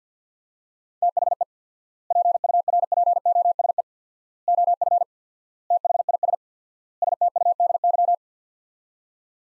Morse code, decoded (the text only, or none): THE PURPOSE OF THIS STUDY